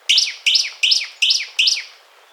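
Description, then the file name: Bird calls: five sharp chirped notes, each sliding down, evenly repeated about every third of a second, in a quiet background. "SABIOD 50 bird 2015"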